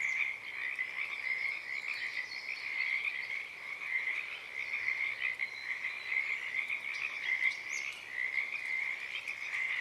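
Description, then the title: Pacific tree frog chorus, a dense continuous mass of overlapping rasping croaks from many frogs, holding steady throughout with slight swells in loudness. Wild chorus starting and stopping, recorded in the morning of Friday 7 April 2023 at a wildlife refuge in Portland, Oregon, USA; chorus uncommon at that time of day. "Oaks Bottom Frogs"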